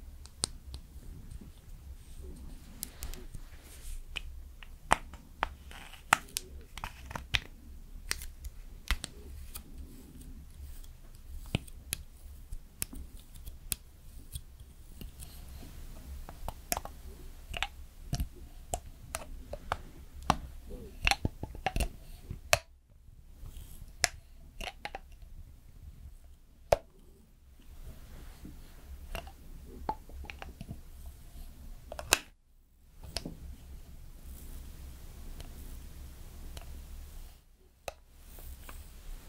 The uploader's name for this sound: Slowly Doing Your Makeup with Personal Attention